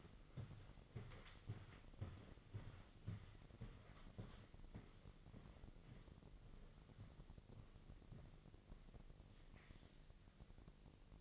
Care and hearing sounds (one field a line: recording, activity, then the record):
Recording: daily activity, microphone in the room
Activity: walk to room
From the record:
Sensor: 4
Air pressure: 1000.3 hPa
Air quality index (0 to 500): 208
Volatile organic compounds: 20 ppm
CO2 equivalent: 2692 ppm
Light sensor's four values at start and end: 9/19/8/7 and 9/21/8/8